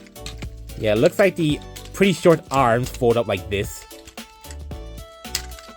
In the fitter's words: Mind the direction of the arms. That's a pretty soft click actually